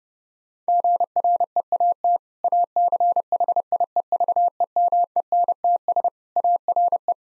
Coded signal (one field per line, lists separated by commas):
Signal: Morse code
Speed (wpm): 30 wpm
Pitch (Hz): 700 Hz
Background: none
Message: GREAT ACHIEVEMENTS ARE